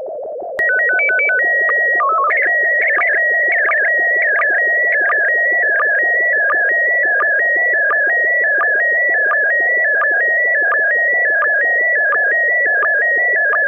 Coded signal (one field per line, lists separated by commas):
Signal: SSTV (slow-scan television)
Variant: PD 90